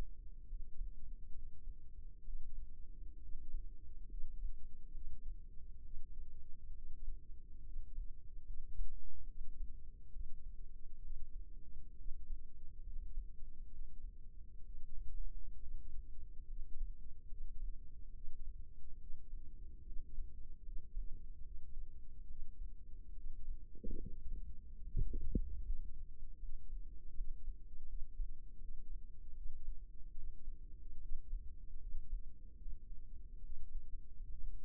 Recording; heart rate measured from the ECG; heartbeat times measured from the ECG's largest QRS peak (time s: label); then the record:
heart sounds by microphone in the left ear; 71 bpm
0.49 s: heartbeat
1.35 s: heartbeat
2.25 s: heartbeat
3.22 s: heartbeat
4.11 s: heartbeat
4.93 s: heartbeat
5.84 s: heartbeat
6.75 s: heartbeat
7.66 s: heartbeat
8.47 s: heartbeat
9.28 s: heartbeat
10.13 s: heartbeat
11.03 s: heartbeat
11.98 s: heartbeat
12.85 s: heartbeat
13.71 s: heartbeat
14.65 s: heartbeat
15.61 s: heartbeat
16.49 s: heartbeat
17.30 s: heartbeat
18.14 s: heartbeat
19.00 s: heartbeat
19.86 s: heartbeat
20.65 s: heartbeat
21.45 s: heartbeat
22.29 s: heartbeat
23.16 s: heartbeat
24.00 s: heartbeat
24.84 s: heartbeat
25.64 s: heartbeat
26.41 s: heartbeat
27.16 s: heartbeat
27.89 s: heartbeat
28.61 s: heartbeat
29.36 s: heartbeat
30.16 s: heartbeat
31.02 s: heartbeat
31.82 s: heartbeat
32.60 s: heartbeat
33.42 s: heartbeat
34.29 s: heartbeat
From the record:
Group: healthy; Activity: cold pressor test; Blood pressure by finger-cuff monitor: 112/67 mmHg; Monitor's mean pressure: 80 mmHg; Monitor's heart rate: 72 bpm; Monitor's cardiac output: 6.3 L/min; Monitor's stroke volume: 89 mL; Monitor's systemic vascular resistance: 910 dyn s/cm5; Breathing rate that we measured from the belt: 15 breaths a minute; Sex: male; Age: 22 years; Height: 181 cm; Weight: 79 kg